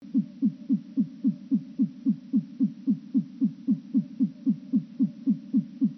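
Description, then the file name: Nightjar song slowed down, a low steady throb of evenly spaced descending pulses, about four per second, with no other sounds. Slowed down by three octaves. "engoulevent-moins-3-octaves"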